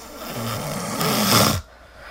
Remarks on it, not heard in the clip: It starts getting louder that was like a big inhalation. Then you get that kind of snortle that's a subtle sign that there could be an element of obstructive sleep apnea there.